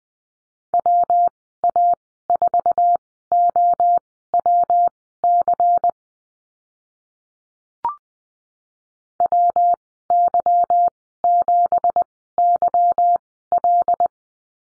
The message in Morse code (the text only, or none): WA4OWC WY7YL